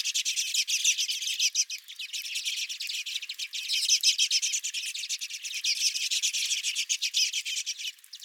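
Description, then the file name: Redpolls chattering constantly, many high twittering notes running together in a steady, busy stream. Redpolls calling at the recordist's feeder. "Redpolls at My Feeder"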